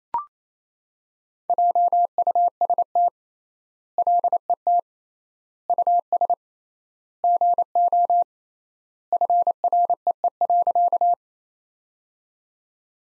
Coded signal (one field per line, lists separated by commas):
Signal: Morse code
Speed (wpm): 28 wpm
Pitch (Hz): 700 Hz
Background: none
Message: JUST LET US GO FREE.